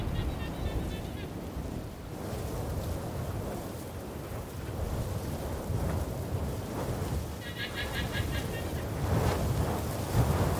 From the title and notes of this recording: Four minutes in Tierra de Fuegos, on the south end of the Americas. Recorded by By Félix Blume. Wind, sheep and cowboys.